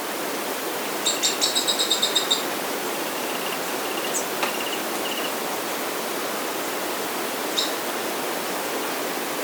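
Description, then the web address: Mottle-cheeked tyrannulet song: a rapid series of thin, high, evenly spaced notes, followed by fainter scattered high notes and a click, over constant hiss. South America. "Natures Songs S America Mottle-Cheeked Tyrannulet"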